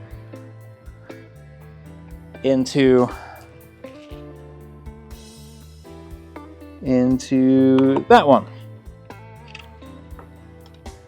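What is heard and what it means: A cable plug is handled at the power connector of the control unit for an Intellytech LiteCloth 3.0 MEGA 8FC LED light mat, having been found not fully in. Someone talks over background music, and a few faint taps and knocks are heard. Nothing has seated or clicked yet.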